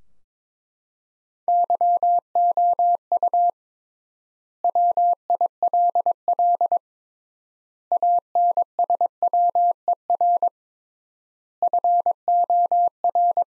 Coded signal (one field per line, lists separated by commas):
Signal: Morse code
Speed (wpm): 22 wpm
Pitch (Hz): 700 Hz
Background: none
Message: YOU WILL ANSWER FOR